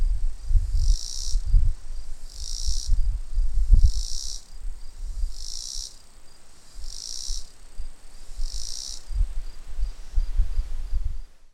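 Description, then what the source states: Robinson's cicada giving a series of short, high, hissing buzz pulses, repeated roughly every one and a half seconds, over low rumbling background noise. Recorded on Confederate Avenue, Gettysburg.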